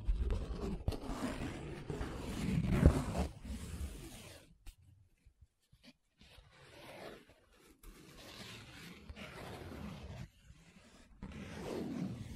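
Paper being scratched and rubbed in uneven strokes, each a dry rasp with a low rumble beneath. The loudest, densest rubbing comes in the first four seconds, then a near-silent gap around five seconds, followed by shorter, softer strokes separated by brief pauses.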